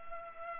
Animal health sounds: mosquito wingbeat signal from an infrared sensor; Culex pipiens

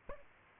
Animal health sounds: mosquito wingbeat signal from an infrared sensor; Aedes albopictus

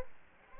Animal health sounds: mosquito wingbeat signal from an infrared sensor; Culex quinquefasciatus

